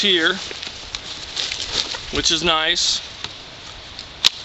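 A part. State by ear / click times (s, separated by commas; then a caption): released / 4.3 s. A plastic quick-release fitting on the shoulder strap of a USGI MOLLE II Large Assault Pack is worked while someone talks. Small taps and rustles are followed by a sharp plastic snap at 4.3 s as the shoulder strap pops off and comes free.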